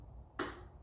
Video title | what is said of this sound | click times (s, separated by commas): Project Cagiva 350AR, Stuck brake, Dirty carb, Testing for spark 💥 ready to run after 13+ years | we've got one click two clicks yep perfect | 0.4 s